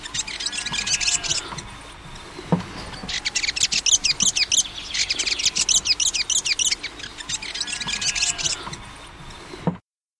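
Fantail song: a short opening burst, then a long run of sharp, high, squeaky chirps repeated rapidly.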